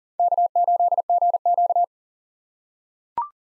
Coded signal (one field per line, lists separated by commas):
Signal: Morse code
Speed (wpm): 40 wpm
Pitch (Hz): 700 Hz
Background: none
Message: K8GQ